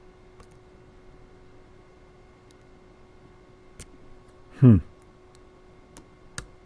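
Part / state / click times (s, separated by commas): padlock shackle released from lock body / released / 6.4 s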